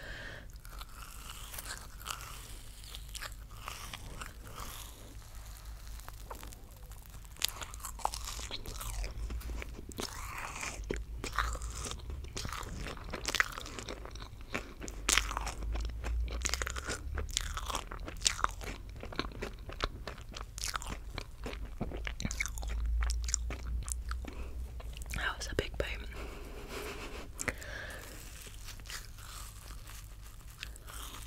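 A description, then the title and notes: Someone eats Easter candy with squishy, wet mouth sounds. Sharp crunches and bites come in dense, irregular bursts throughout, thickest from about 8 to 25 seconds, over a constant low rumble and soft smacking between chews. ASMR Eating Easter Candy squishy mouth sounds.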